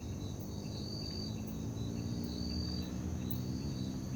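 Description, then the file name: Cricket trilling in brief, high ringing bursts over a constant low rumble. Night, in a park. "Ambiencia parque da liberdade a noite com grilos, morcegos, moto longe e sapos"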